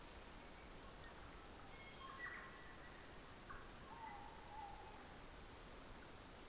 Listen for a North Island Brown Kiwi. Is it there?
no